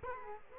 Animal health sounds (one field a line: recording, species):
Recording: mosquito wingbeat signal from an infrared sensor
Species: Culex quinquefasciatus